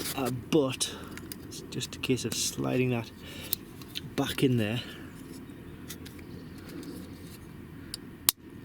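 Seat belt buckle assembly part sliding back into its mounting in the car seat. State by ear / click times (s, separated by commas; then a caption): seated / 8.3 s. A seat belt buckle assembly part is slid one-handed back into its mounting in the car seat of a Mercedes C Class (W204/W205) during a buckle refit, with someone talking at the start. Faint scraping and small knocks follow from about 5.9 s. A sharp click at 8.3 s shows the part has seated in place.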